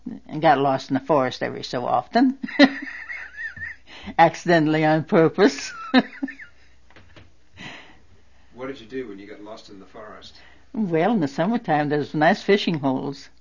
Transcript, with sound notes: and got lost in the forest every so often, accidentally, on purpose. (She laughs.)
What did you do when you got lost in the forest?
Well, in the summertime there was nice fishing holes.